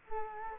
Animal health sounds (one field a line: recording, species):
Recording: mosquito wingbeat signal from an infrared sensor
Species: Culex quinquefasciatus